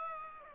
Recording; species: mosquito wingbeat signal from an infrared sensor; Aedes aegypti